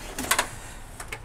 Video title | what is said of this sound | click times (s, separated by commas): HPE ProLiant DL580 Gen9 - How To Rack a Server - Server Racking - Sliding Rails - Rackmount Server | the rack so now it's firmly in there it's locked into place I can't pull it back out | 0.3 s, 0.4 s